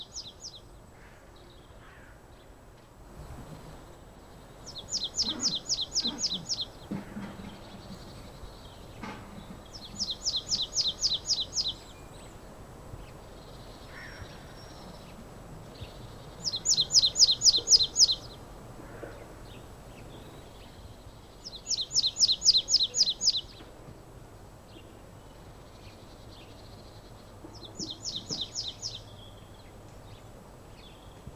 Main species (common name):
Marsh Tit